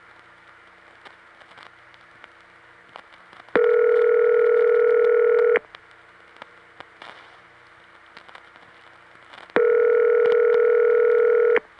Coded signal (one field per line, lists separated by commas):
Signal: telephone call progress tone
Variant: North America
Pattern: ringback tone